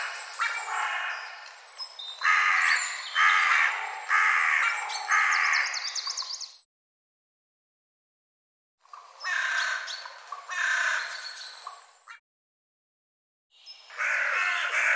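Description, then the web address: Bird giving loud, harsh, raspy calls in dense bursts of several seconds, with two short silent gaps between the bouts. "cianscape birddata Deverinetal 2025 File cleaned normalized Bird"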